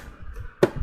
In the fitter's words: slide it into place until we hear the audible click.